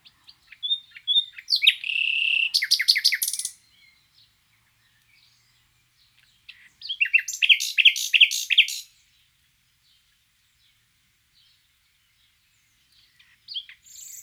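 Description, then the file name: Common nightingale song phrases: a rising note into a fast rattling trill, a pause, then another burst of rapid varied notes, with a soft phrase beginning at the end. "Luscinia megarhynchos"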